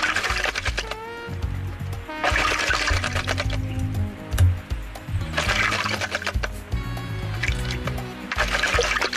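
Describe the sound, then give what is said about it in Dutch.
A jay bathing in a water tray: repeated bursts of vigorous splashing and fluttering water, separated by brief calmer gaps of gentle dripping, with a few faint chirpy tones in between. “Een vogeltje dat zich was, denk ik. Ja, het is niet zo'n klein vogeltje, het is een gaai.”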